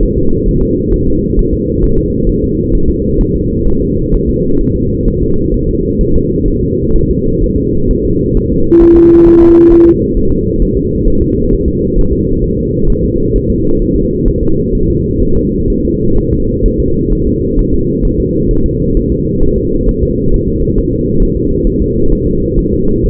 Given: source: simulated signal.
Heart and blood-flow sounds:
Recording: fetal heart sounds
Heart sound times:
0.03 s: S1
0.18 s: S2
0.48 s: S1
0.63 s: S2
0.94 s: S1
1.08 s: S2
1.39 s: S1
1.54 s: S2
1.84 s: S1
1.99 s: S2
2.29 s: S1
2.44 s: S2
2.75 s: S1
2.90 s: S2
3.21 s: S1
3.36 s: S2
3.67 s: S1
3.82 s: S2
4.14 s: S1
4.29 s: S2
4.61 s: S1
4.76 s: S2
5.08 s: S1
5.22 s: S2
5.54 s: S1
5.69 s: S2
6.01 s: S1
6.16 s: S2
6.48 s: S1
6.63 s: S2
6.96 s: S1
7.11 s: S2
7.44 s: S1
7.58 s: S2
7.91 s: S1
8.05 s: S2
8.37 s: S1
8.52 s: S2
8.83 s: S1
8.97 s: S2
9.28 s: S1
9.42 s: S2
9.72 s: S1
9.87 s: S2
10.17 s: S1
10.32 s: S2
10.62 s: S1
10.77 s: S2
11.08 s: S1
11.22 s: S2
11.53 s: S1
11.68 s: S2
11.99 s: S1
12.13 s: S2
12.44 s: S1
12.59 s: S2
12.90 s: S1
13.05 s: S2
13.36 s: S1
13.50 s: S2
13.82 s: S1
13.96 s: S2
14.28 s: S1
14.43 s: S2
14.75 s: S1
14.90 s: S2
15.22 s: S1
15.37 s: S2
15.70 s: S1
15.85 s: S2
16.18 s: S1
16.33 s: S2
16.66 s: S1
16.80 s: S2
17.12 s: S1
17.27 s: S2
17.59 s: S1
17.74 s: S2
18.05 s: S1
18.20 s: S2
18.51 s: S1
18.66 s: S2
18.97 s: S1
19.12 s: S2
19.43 s: S1
19.58 s: S2
19.89 s: S1
20.03 s: S2
20.34 s: S1
20.48 s: S2
20.78 s: S1
20.93 s: S2
21.22 s: S1
21.37 s: S2
21.67 s: S1
21.82 s: S2
22.12 s: S1
22.27 s: S2
22.59 s: S1
22.73 s: S2
23.06 s: S1
From the record:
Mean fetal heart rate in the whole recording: 130 bpm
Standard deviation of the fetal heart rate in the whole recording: 4 bpm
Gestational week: 38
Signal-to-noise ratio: -16.4 dB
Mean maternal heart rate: 72 bpm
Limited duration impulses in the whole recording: present

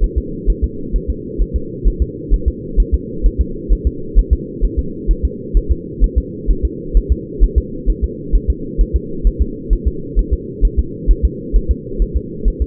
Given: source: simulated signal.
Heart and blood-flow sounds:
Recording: fetal heart sounds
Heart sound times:
0.04 s: S1
0.18 s: S2
0.50 s: S1
0.64 s: S2
0.96 s: S1
1.10 s: S2
1.42 s: S1
1.56 s: S2
1.88 s: S1
2.02 s: S2
2.34 s: S1
2.48 s: S2
2.80 s: S1
2.94 s: S2
3.26 s: S1
3.41 s: S2
3.73 s: S1
3.87 s: S2
4.19 s: S1
4.33 s: S2
4.65 s: S1
4.79 s: S2
5.11 s: S1
5.25 s: S2
5.57 s: S1
5.72 s: S2
6.04 s: S1
6.18 s: S2
6.51 s: S1
6.65 s: S2
6.97 s: S1
7.12 s: S2
7.44 s: S1
7.58 s: S2
7.90 s: S1
8.04 s: S2
8.36 s: S1
8.50 s: S2
8.81 s: S1
8.96 s: S2
9.27 s: S1
9.42 s: S2
9.73 s: S1
9.88 s: S2
10.19 s: S1
10.34 s: S2
10.65 s: S1
10.79 s: S2
11.11 s: S1
11.25 s: S2
11.56 s: S1
11.71 s: S2
12.02 s: S1
12.17 s: S2
12.48 s: S1
12.62 s: S2
From the record:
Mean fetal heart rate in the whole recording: 130 bpm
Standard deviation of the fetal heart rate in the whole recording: 2 bpm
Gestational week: 36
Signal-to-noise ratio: -4.3 dB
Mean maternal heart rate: 72 bpm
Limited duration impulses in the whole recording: absent

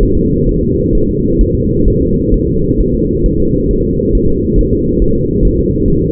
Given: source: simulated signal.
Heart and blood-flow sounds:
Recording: fetal heart sounds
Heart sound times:
0.03 s: S1
0.17 s: S2
0.49 s: S1
0.63 s: S2
0.95 s: S1
1.09 s: S2
1.41 s: S1
1.55 s: S2
1.88 s: S1
2.02 s: S2
2.34 s: S1
2.48 s: S2
2.80 s: S1
2.95 s: S2
3.26 s: S1
3.40 s: S2
3.71 s: S1
3.85 s: S2
4.15 s: S1
4.29 s: S2
4.59 s: S1
4.73 s: S2
5.02 s: S1
5.16 s: S2
5.45 s: S1
5.59 s: S2
5.88 s: S1
6.02 s: S2
From the record:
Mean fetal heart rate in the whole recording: 135 bpm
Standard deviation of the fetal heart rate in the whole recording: 3 bpm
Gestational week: 36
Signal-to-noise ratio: -15.3 dB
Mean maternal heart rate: 72 bpm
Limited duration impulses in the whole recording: present

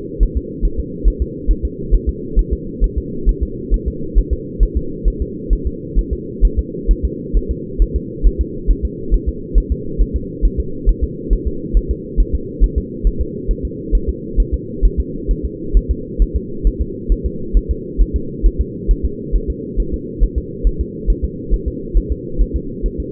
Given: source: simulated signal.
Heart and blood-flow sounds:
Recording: fetal heart sounds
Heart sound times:
0.23 s: S1
0.37 s: S2
0.65 s: S1
0.80 s: S2
1.08 s: S1
1.22 s: S2
1.51 s: S1
1.65 s: S2
1.94 s: S1
2.09 s: S2
2.39 s: S1
2.53 s: S2
2.84 s: S1
2.98 s: S2
3.29 s: S1
3.43 s: S2
3.74 s: S1
3.88 s: S2
4.18 s: S1
4.33 s: S2
4.63 s: S1
4.77 s: S2
5.08 s: S1
5.22 s: S2
5.53 s: S1
5.67 s: S2
5.99 s: S1
6.13 s: S2
6.45 s: S1
6.59 s: S2
6.91 s: S1
7.05 s: S2
7.37 s: S1
7.51 s: S2
7.82 s: S1
7.96 s: S2
8.27 s: S1
8.41 s: S2
8.71 s: S1
8.85 s: S2
9.14 s: S1
9.28 s: S2
9.58 s: S1
9.72 s: S2
10.02 s: S1
10.16 s: S2
10.45 s: S1
10.60 s: S2
10.89 s: S1
11.03 s: S2
11.33 s: S1
11.47 s: S2
11.77 s: S1
11.91 s: S2
12.20 s: S1
12.35 s: S2
12.64 s: S1
12.78 s: S2
13.07 s: S1
13.21 s: S2
13.51 s: S1
13.65 s: S2
13.95 s: S1
14.09 s: S2
14.40 s: S1
14.54 s: S2
14.85 s: S1
15.00 s: S2
15.31 s: S1
15.45 s: S2
15.77 s: S1
15.91 s: S2
16.22 s: S1
16.36 s: S2
16.67 s: S1
16.81 s: S2
17.12 s: S1
17.26 s: S2
17.57 s: S1
17.71 s: S2
18.02 s: S1
18.16 s: S2
18.46 s: S1
18.61 s: S2
18.91 s: S1
19.05 s: S2
19.36 s: S1
19.50 s: S2
19.80 s: S1
19.94 s: S2
20.23 s: S1
20.38 s: S2
20.67 s: S1
20.81 s: S2
21.10 s: S1
21.25 s: S2
21.54 s: S1
21.68 s: S2
21.97 s: S1
22.12 s: S2
22.41 s: S1
22.56 s: S2
22.86 s: S1
23.00 s: S2
From the record:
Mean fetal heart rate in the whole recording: 135 bpm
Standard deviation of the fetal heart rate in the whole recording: 3 bpm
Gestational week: 36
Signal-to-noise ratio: -4.3 dB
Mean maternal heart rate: 72 bpm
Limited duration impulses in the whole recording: absent

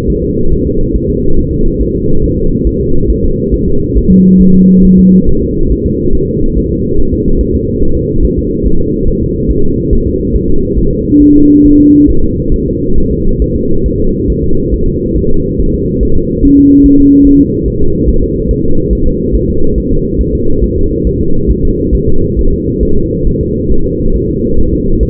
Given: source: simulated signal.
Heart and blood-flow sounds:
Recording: fetal heart sounds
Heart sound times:
0.10 s: S1
0.24 s: S2
0.53 s: S1
0.67 s: S2
0.96 s: S1
1.10 s: S2
1.39 s: S1
1.53 s: S2
1.82 s: S1
1.96 s: S2
2.24 s: S1
2.39 s: S2
2.67 s: S1
2.81 s: S2
3.10 s: S1
3.25 s: S2
3.54 s: S1
3.68 s: S2
3.98 s: S1
4.12 s: S2
4.41 s: S1
4.56 s: S2
4.85 s: S1
4.99 s: S2
5.29 s: S1
5.43 s: S2
5.72 s: S1
5.87 s: S2
6.15 s: S1
6.29 s: S2
6.58 s: S1
6.72 s: S2
6.99 s: S1
7.14 s: S2
7.41 s: S1
7.55 s: S2
7.83 s: S1
7.97 s: S2
8.25 s: S1
8.39 s: S2
8.66 s: S1
8.81 s: S2
9.09 s: S1
9.23 s: S2
9.51 s: S1
9.65 s: S2
9.93 s: S1
10.07 s: S2
10.36 s: S1
10.50 s: S2
10.79 s: S1
10.93 s: S2
11.22 s: S1
11.36 s: S2
11.66 s: S1
11.80 s: S2
12.10 s: S1
12.24 s: S2
12.54 s: S1
12.68 s: S2
12.98 s: S1
13.12 s: S2
13.42 s: S1
13.56 s: S2
13.86 s: S1
14.00 s: S2
14.30 s: S1
14.44 s: S2
14.74 s: S1
14.88 s: S2
15.17 s: S1
15.31 s: S2
15.60 s: S1
15.75 s: S2
16.03 s: S1
16.17 s: S2
16.45 s: S1
16.59 s: S2
16.86 s: S1
17.00 s: S2
17.27 s: S1
17.41 s: S2
17.68 s: S1
17.82 s: S2
18.10 s: S1
18.24 s: S2
18.51 s: S1
18.65 s: S2
18.93 s: S1
19.07 s: S2
19.35 s: S1
19.50 s: S2
19.78 s: S1
19.92 s: S2
20.21 s: S1
20.35 s: S2
20.64 s: S1
20.78 s: S2
21.07 s: S1
21.21 s: S2
21.51 s: S1
21.65 s: S2
21.95 s: S1
22.09 s: S2
22.39 s: S1
22.53 s: S2
22.83 s: S1
22.97 s: S2
23.27 s: S1
23.41 s: S2
23.72 s: S1
23.86 s: S2
24.16 s: S1
24.30 s: S2
24.60 s: S1
24.74 s: S2
25.03 s: S1
From the record:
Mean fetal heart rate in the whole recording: 140 bpm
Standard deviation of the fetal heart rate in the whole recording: 2 bpm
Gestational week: 34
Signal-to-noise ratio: -19.1 dB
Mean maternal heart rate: 72 bpm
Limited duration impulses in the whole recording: present

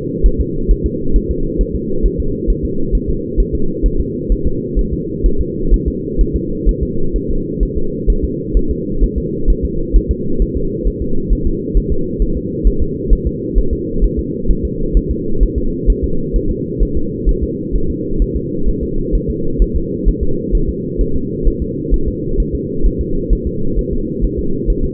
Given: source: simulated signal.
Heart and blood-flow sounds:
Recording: fetal heart sounds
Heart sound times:
0.26 s: S1
0.41 s: S2
0.71 s: S1
0.86 s: S2
1.16 s: S1
1.31 s: S2
1.61 s: S1
1.75 s: S2
2.06 s: S1
2.20 s: S2
2.50 s: S1
2.65 s: S2
2.95 s: S1
3.09 s: S2
3.40 s: S1
3.55 s: S2
3.86 s: S1
4.00 s: S2
4.32 s: S1
4.47 s: S2
4.79 s: S1
4.93 s: S2
5.26 s: S1
5.41 s: S2
5.74 s: S1
5.88 s: S2
6.21 s: S1
6.36 s: S2
6.69 s: S1
6.83 s: S2
7.16 s: S1
7.30 s: S2
7.63 s: S1
7.78 s: S2
8.10 s: S1
8.24 s: S2
8.57 s: S1
8.71 s: S2
9.03 s: S1
9.18 s: S2
9.50 s: S1
9.65 s: S2
9.96 s: S1
10.11 s: S2
10.42 s: S1
10.57 s: S2
10.88 s: S1
11.02 s: S2
11.32 s: S1
11.47 s: S2
11.77 s: S1
11.92 s: S2
12.22 s: S1
12.37 s: S2
12.67 s: S1
12.82 s: S2
13.13 s: S1
13.27 s: S2
13.58 s: S1
13.73 s: S2
14.04 s: S1
14.19 s: S2
14.50 s: S1
14.65 s: S2
14.97 s: S1
15.11 s: S2
15.43 s: S1
15.58 s: S2
15.90 s: S1
16.04 s: S2
16.36 s: S1
16.51 s: S2
16.82 s: S1
16.97 s: S2
17.29 s: S1
17.44 s: S2
17.75 s: S1
17.90 s: S2
18.22 s: S1
18.37 s: S2
18.69 s: S1
18.83 s: S2
19.15 s: S1
19.30 s: S2
19.62 s: S1
19.76 s: S2
20.08 s: S1
20.23 s: S2
20.55 s: S1
20.69 s: S2
21.01 s: S1
21.16 s: S2
21.47 s: S1
21.62 s: S2
21.94 s: S1
22.08 s: S2
22.40 s: S1
22.55 s: S2
22.86 s: S1
23.01 s: S2
23.33 s: S1
23.47 s: S2
23.79 s: S1
23.93 s: S2
24.25 s: S1
24.39 s: S2
24.70 s: S1
24.85 s: S2
From the record:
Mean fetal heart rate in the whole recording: 130 bpm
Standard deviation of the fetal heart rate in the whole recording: 2 bpm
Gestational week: 36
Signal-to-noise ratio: -8.1 dB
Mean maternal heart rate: 72 bpm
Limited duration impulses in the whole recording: absent

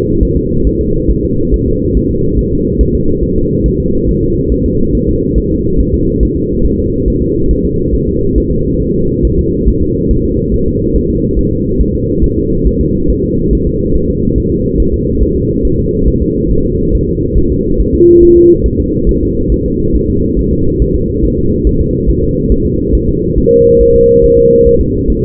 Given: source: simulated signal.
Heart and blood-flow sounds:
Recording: fetal heart sounds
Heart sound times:
0.23 s: S1
0.37 s: S2
0.67 s: S1
0.81 s: S2
1.11 s: S1
1.25 s: S2
1.54 s: S1
1.68 s: S2
1.97 s: S1
2.11 s: S2
2.39 s: S1
2.53 s: S2
2.81 s: S1
2.95 s: S2
3.23 s: S1
3.37 s: S2
3.66 s: S1
3.80 s: S2
4.09 s: S1
4.23 s: S2
4.52 s: S1
4.66 s: S2
4.95 s: S1
5.09 s: S2
5.38 s: S1
5.52 s: S2
5.80 s: S1
5.95 s: S2
6.23 s: S1
6.37 s: S2
6.65 s: S1
6.80 s: S2
7.08 s: S1
7.22 s: S2
7.51 s: S1
7.65 s: S2
7.95 s: S1
8.09 s: S2
8.38 s: S1
8.52 s: S2
8.82 s: S1
8.96 s: S2
9.25 s: S1
9.39 s: S2
9.68 s: S1
9.83 s: S2
10.11 s: S1
10.25 s: S2
10.54 s: S1
10.68 s: S2
10.96 s: S1
11.10 s: S2
11.39 s: S1
11.53 s: S2
11.81 s: S1
11.96 s: S2
12.24 s: S1
12.38 s: S2
12.67 s: S1
12.81 s: S2
13.10 s: S1
13.24 s: S2
13.53 s: S1
13.67 s: S2
13.96 s: S1
14.10 s: S2
14.38 s: S1
14.52 s: S2
14.80 s: S1
14.94 s: S2
15.23 s: S1
15.37 s: S2
15.65 s: S1
15.79 s: S2
16.08 s: S1
16.22 s: S2
16.52 s: S1
16.66 s: S2
16.95 s: S1
17.09 s: S2
17.38 s: S1
17.52 s: S2
17.80 s: S1
17.94 s: S2
18.23 s: S1
18.37 s: S2
18.66 s: S1
18.80 s: S2
19.09 s: S1
19.23 s: S2
19.52 s: S1
19.66 s: S2
19.96 s: S1
20.10 s: S2
20.39 s: S1
20.53 s: S2
20.82 s: S1
20.96 s: S2
21.25 s: S1
21.39 s: S2
21.67 s: S1
21.81 s: S2
22.10 s: S1
22.24 s: S2
22.52 s: S1
22.66 s: S2
22.95 s: S1
23.09 s: S2
23.38 s: S1
23.52 s: S2
23.81 s: S1
23.95 s: S2
24.24 s: S1
24.38 s: S2
24.67 s: S1
24.81 s: S2
25.10 s: S1
25.24 s: S2
From the record:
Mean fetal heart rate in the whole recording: 140 bpm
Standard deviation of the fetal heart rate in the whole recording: 2 bpm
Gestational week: 34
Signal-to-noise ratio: -15.3 dB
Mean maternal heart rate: 72 bpm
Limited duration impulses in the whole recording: present

